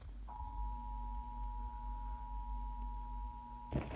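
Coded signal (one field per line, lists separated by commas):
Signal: Emergency Alert System (SAME) tones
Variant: 853 and 960 Hz attention tone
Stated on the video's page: Required monthly test received on a TV station, issued by the National Weather Service.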